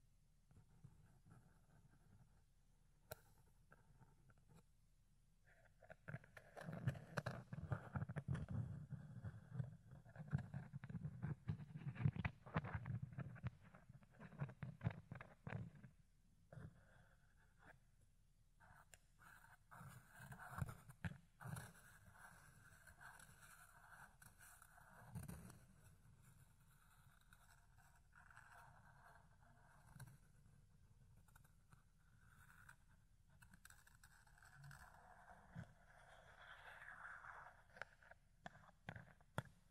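Ear cleaning with a fluffy tool: soft, dense rustling and scratchy brushing that swells from about 6 to 16 seconds, then continues in lighter, uneven strokes. Brief pauses of near silence fall around 5, 17 and 24 seconds, with a low rumble under the busiest stretches.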